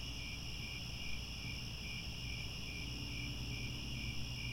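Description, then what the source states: Crickets chirping, short pulsed chirps repeating rapidly beside steady high trills, low rumble underneath. Chorus of crickets at twilight as the sun sets.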